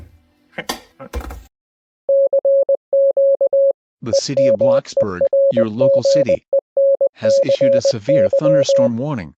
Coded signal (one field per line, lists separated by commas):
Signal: Morse code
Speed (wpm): 20 wpm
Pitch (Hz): 550 Hz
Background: speech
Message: CQ EMERGENCY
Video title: Bloxburg EAS or BAS Severe Thunderstorm for TV. (NOT FINISHED)